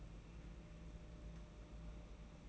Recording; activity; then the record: daily activity, microphone in the room; take from stove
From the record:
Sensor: 1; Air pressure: 992.0 hPa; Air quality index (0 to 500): 217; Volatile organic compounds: 1000 ppm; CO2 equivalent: 8445 ppm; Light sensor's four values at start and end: 21/74/29/29 and 21/74/29/29